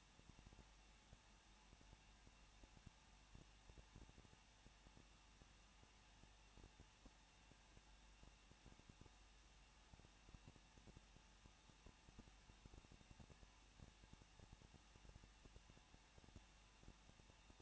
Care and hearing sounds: daily activity, microphone in the room; no activity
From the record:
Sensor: 1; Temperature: 20.1 degrees Celsius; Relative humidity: 39.0%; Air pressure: 1006.6 hPa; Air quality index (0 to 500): 216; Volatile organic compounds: 71 ppm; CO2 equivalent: 3529 ppm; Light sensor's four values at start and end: 1/2/1/1 and 1/2/1/1

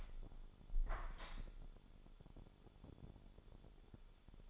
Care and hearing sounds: daily activity, microphone in the room; open window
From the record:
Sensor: 5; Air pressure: 1015.0 hPa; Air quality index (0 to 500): 98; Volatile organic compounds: 2 ppm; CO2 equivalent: 1052 ppm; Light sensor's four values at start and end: 35/80/32/31 and 35/80/32/31

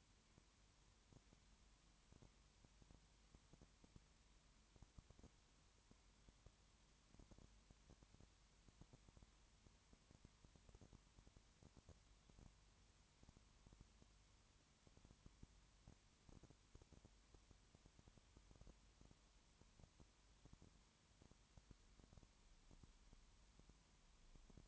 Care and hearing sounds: daily activity, microphone in the room; no activity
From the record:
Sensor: 3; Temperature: 21.1 degrees Celsius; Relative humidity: 37.0%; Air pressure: 1010.6 hPa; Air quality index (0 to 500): 204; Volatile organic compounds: 31 ppm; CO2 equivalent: 2977 ppm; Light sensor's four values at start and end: 2/3/2/2 and 2/3/2/2

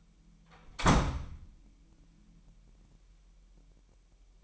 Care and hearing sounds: daily activity, microphone in the room; close door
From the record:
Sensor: 1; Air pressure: 998.4 hPa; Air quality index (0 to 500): 133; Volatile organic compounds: 4 ppm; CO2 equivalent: 1590 ppm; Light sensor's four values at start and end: 18/61/24/25 and 18/61/24/25

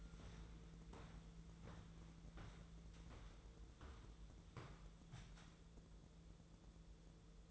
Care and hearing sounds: daily activity, microphone in the room; walk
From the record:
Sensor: 3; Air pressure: 1005.4 hPa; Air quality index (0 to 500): 95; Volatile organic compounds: 3 ppm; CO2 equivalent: 1479 ppm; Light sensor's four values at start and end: 10/24/10/9 and 10/23/9/9

